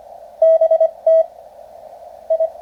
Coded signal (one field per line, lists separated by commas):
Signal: Morse code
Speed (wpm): 25 wpm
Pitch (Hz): 650 Hz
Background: radio noise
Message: BT I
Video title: QCX Mini - QRP CW Radio